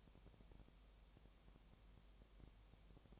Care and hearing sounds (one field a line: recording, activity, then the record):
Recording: daily activity, microphone in the room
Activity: no activity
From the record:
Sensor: 1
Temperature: 19.7 degrees Celsius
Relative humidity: 37.1%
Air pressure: 1007.2 hPa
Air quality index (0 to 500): 144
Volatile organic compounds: 5 ppm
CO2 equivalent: 1762 ppm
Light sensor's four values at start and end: 1/2/1/1 and 1/2/1/1